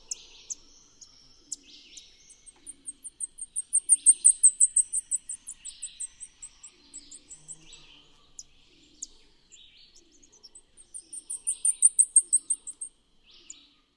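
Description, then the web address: Blackpoll Warbler song: a very high, thin series of rapid ticking notes that swells in loudness and then fades, given twice, with other faint chirps behind. Recorded in the eastern lowlands of South America. "Natures Songs S America Eastern Lowlands Blackpoll Warbler"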